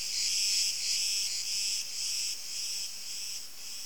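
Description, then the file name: Cricket chirping: high, pulsing trills repeated about twice a second, loudest at the start and gradually fading. "Grillen"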